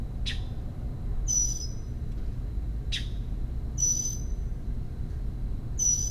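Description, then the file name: Northern mockingbird giving short, rough, noisy call notes mixed with short high notes carrying a thin, level whistle, separated by pauses, above a low background hum. Calls given in protest at a commotion, recorded at home in Maryland, USA, on 26 May 2012. "Northern Mockingbird Home MD 20120526 protesting commotion"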